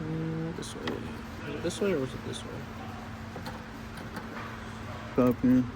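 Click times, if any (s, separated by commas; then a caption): none. Someone talks while turning an AUXITO LED bulb back and forth at a headlight housing on an SRT Jeep, trying out which way it goes in after it failed to click before pushing and twisting it home. Soft handling sounds run over a steady low hum. Nothing has seated or clicked yet.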